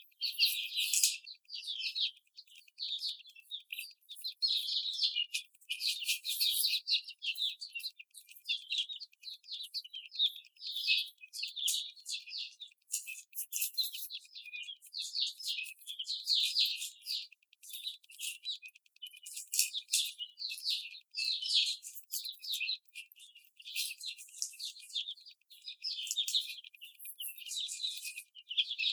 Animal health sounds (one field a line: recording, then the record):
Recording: young laying hens in a cage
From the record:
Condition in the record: after the stressor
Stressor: simulated dog barking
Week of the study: 4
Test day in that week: 2